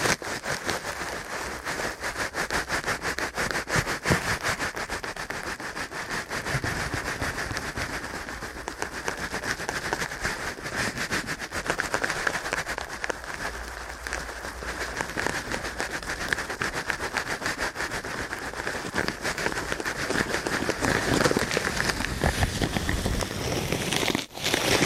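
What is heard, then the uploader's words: Ear cleaning at a rapid pace, heard as a dense, unbroken flurry of scratchy rubbing and crackling that barely lets up for the whole stretch. The texture is bright and gritty, with low thumps scattered throughout and a brief dip near the end. ASMR Ear Cleaning at Helicopter Speed.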